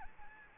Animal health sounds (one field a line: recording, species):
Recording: mosquito wingbeat signal from an infrared sensor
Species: Anopheles gambiae